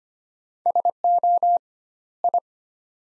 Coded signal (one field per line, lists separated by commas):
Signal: Morse code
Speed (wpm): 25 wpm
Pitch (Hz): 700 Hz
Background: none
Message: SO I